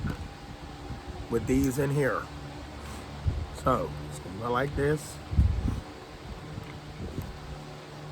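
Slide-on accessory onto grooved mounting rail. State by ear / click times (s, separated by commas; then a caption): not seated / none. Someone talks while a slide-on accessory's mount is lined up in the matching grooves of a mounting rail and positioned, ready to be slid forward into place. Soft handling bumps sound over a steady low hum, and nothing has slid home or clicked yet.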